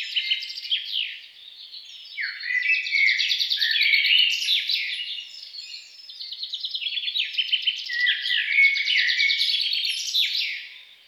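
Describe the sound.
Songbird singing a sustained, lively medley of rapid rattling trills and chirps, with a couple of brief lulls.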